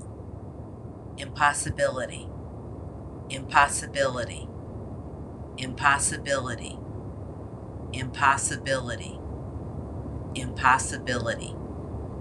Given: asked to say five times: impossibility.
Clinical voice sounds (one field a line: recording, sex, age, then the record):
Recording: repeated word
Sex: female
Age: 60 to 69 years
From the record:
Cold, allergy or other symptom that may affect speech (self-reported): no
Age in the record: 68 years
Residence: North Carolina, United States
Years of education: 17